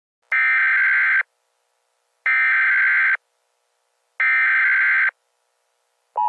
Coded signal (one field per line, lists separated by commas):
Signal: Emergency Alert System (SAME) tones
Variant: header bursts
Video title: EAS Scenario: The World On Notice